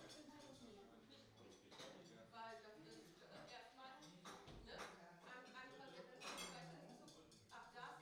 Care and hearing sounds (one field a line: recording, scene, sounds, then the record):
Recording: everyday scene through a hearing-aid microphone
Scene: many people talking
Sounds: many voices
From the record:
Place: parish hall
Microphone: in the ear canal, right